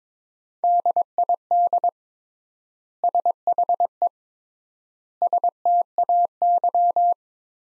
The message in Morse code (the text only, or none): DID SHE STAY